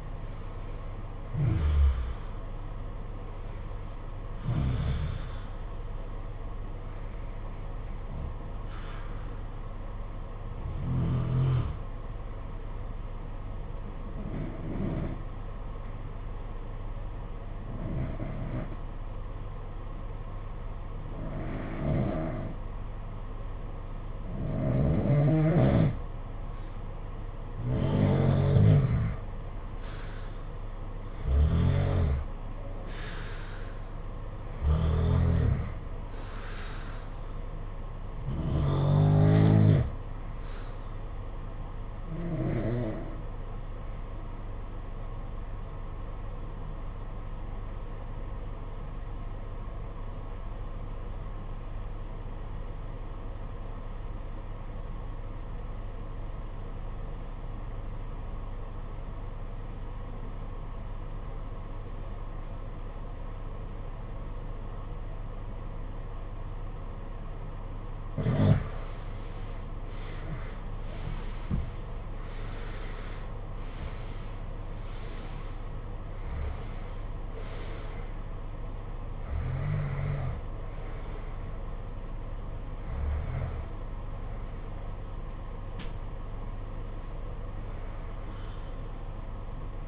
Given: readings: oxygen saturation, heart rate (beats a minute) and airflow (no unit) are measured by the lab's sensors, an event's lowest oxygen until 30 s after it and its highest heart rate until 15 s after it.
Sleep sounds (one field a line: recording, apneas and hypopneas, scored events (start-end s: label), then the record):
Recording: breathing in sleep by a smartphone at the bedside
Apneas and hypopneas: 2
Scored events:
15.00-28.90 s: obstructive apnea (REM, oxygen 95% highest, then 86% lowest, heart rate 62 at the start, 73 highest)
43.00-70.40 s: obstructive apnea (REM, oxygen 94% highest, then 76% lowest, heart rate 66 at the start, 82 highest)
From the record:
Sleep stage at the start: REM sleep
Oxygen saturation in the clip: 68 to 95%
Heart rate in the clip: 61 to 87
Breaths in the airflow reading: 16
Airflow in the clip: -15.4 to 14.3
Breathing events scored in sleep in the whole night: 476 in 9.7 hours asleep